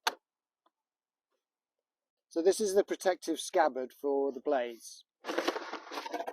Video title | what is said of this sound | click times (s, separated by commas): Life at the Laundry Garden Ep 9 | push the battery in and it clicks into place | 0.1 s